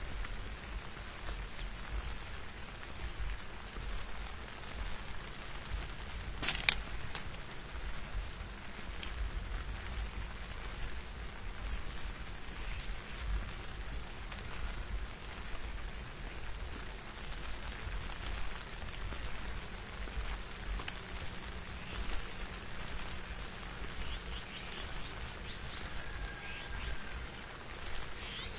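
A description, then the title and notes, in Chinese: A walk in light rain along old railway tracks: a steady, soft hiss of drizzle with a low rumble underneath throughout. A sharp knock or tap stands out near seven seconds, and a brief thin whistle-like tone appears around twenty-six seconds. 在细雨中与爱人漫步在废旧铁轨上。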